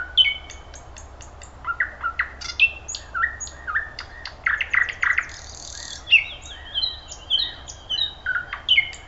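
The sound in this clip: Thrush nightingale song, a continuous jumble of dry clicks, slurred whistles and grating buzzy notes, loud and varied throughout.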